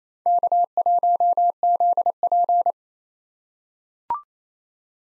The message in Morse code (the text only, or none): K1ZP